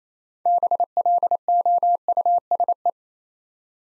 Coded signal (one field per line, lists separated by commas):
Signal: Morse code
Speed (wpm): 28 wpm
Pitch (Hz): 700 Hz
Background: none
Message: BLOUSE